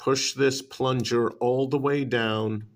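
Someone talks while handling a metal Rotring 4-in-1 pen, getting ready to push its red color slider all the way down to latch the red refill tip out. Only speech is heard, and nothing has seated or clicked yet.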